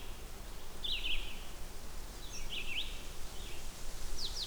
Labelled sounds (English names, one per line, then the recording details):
Red-eyed Vireo song
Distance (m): 60 m
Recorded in boreal forest in Alberta, Canada, on 16 June 2016 at 08:47
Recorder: SongMeter 3, array SBT-3-32
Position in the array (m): 47 m, 13 m